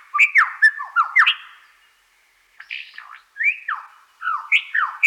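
Superb lyrebird song, loud ringing phrases of downward-swooping notes and sharp chips in bursts, broken by a short pause before the swoops return.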